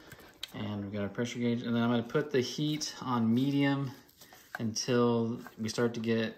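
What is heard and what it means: A metal pressure canner lid is lined up and turned until it locks firmly onto the canner pot, with a sharp click at 0.4 s as it seats. Someone talks throughout.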